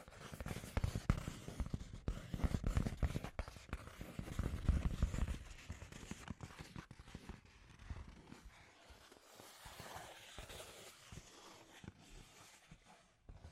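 Scratchy tapping made of dense, rapid little clicks and scrapes that run throughout. The first five seconds are louder and fuller, with thumpy low knocks; after that the taps thin out and grow lighter and brighter, with a brief louder flurry near ten seconds.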